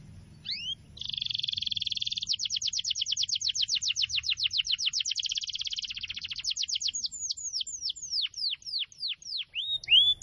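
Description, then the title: Canary singing a long rolling trill of rapid repeated notes that slows into separate descending whistled slurs. Continuous long song of a singing canary, used as a lure and as a tutor for wild canaries. "Pikat Kenari GACOR PANJANG INI Cocok Untuk Masteran KENARI LIAR"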